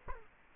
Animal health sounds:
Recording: mosquito wingbeat signal from an infrared sensor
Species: Culex quinquefasciatus

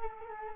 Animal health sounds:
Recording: mosquito wingbeat signal from an infrared sensor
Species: Culex quinquefasciatus

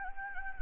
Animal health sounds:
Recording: mosquito wingbeat signal from an infrared sensor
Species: Anopheles gambiae

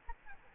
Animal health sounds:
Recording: mosquito wingbeat signal from an infrared sensor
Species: Aedes albopictus

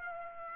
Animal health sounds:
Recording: mosquito wingbeat signal from an infrared sensor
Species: Aedes aegypti

